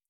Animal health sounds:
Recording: hydrophone in a shrimp aquaculture tank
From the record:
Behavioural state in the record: feeding

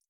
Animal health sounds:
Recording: hydrophone in a shrimp aquaculture tank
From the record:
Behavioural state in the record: feeding

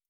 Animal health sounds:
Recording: hydrophone in a shrimp aquaculture tank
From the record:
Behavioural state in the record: stressed

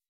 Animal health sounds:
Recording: hydrophone in a shrimp aquaculture tank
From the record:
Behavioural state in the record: weakened

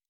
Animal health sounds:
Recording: hydrophone in a shrimp aquaculture tank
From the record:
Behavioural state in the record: normal

